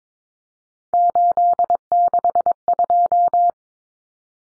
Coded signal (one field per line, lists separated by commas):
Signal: Morse code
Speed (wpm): 22 wpm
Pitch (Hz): 700 Hz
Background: none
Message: 862